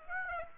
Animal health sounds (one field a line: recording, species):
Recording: mosquito wingbeat signal from an infrared sensor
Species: Aedes aegypti